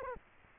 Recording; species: mosquito wingbeat signal from an infrared sensor; Culex quinquefasciatus